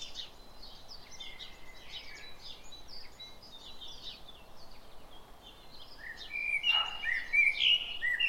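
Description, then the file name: Common blackbird giving a fluty warbled phrase late, after a stretch of thin high chirps and twitters. "Turdus merula"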